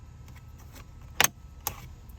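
A Redarc Tow-Pro Elite trailer brake controller is pressed into its mounting spot in the dash trim panel of a 2019+ Silverado/Sierra. Two loud, sharp snaps ring out at 1.2 s and 1.7 s over a quiet background with a few faint ticks. The unit seats in the dash panel.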